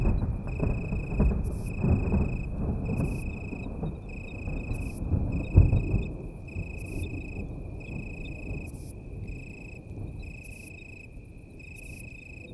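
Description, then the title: Italian tree cricket trills continuing in short phrases beneath rumbling thunder, with hissy chirps of another insect. Italian tree cricket singing in deep darkness on a moonless night during a thunderstorm with occasional lightning; Ephippiger vineyard bush-cricket and tinkling crickets audible in background. "naturophonie. Un grillon sous l'orage"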